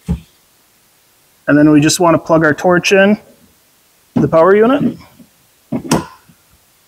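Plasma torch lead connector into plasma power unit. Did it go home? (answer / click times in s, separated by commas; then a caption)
yes / 5.9 s. A plasma torch lead connector is plugged into the front of a plasma power unit and pushed in until it clicks at 5.9 s, showing it is fully seated. Someone talks before the click.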